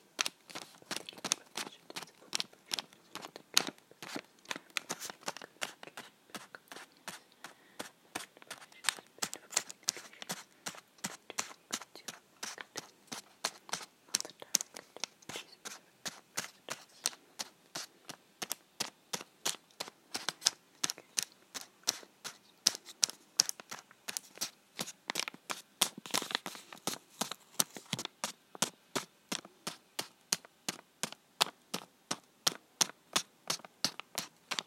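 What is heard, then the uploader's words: Two paper-wrapped soaps are tapped against each other in a quick, steady stream of crisp, crinkly clicks that runs the whole time. The taps are bright, with short rustles between them, and the pace loosens briefly around the middle before picking back up. Tapping paper soap packets together. Crinkly sounds of me tapping two soaps in paper packaging against each other.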